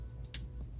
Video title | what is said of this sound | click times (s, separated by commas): #Steadtler Dual Watercolor pen - Is it Worth it? -Staedtler #watercolor pen Artist PRODUCT REVIEW | has a little snap to it, | 0.3 s